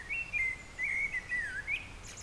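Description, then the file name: Eurasian blackbird song, one continuous rich fluted phrase that wavers up and down, then dips and ends with a slight upward flourish. "Turdus merula"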